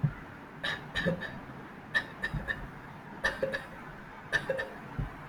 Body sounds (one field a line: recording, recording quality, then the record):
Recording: shallow voluntary cough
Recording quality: moderate, slight background noise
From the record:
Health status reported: healthy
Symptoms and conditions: none ticked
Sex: male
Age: 25 years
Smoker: not ticked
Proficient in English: yes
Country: India